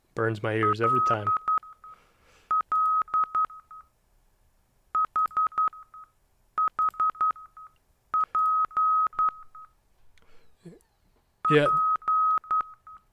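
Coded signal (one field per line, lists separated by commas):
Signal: Morse code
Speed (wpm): 11 wpm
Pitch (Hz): 1270 Hz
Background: speech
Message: LL HH PP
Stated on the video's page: Morse in a 1996 edutainment game.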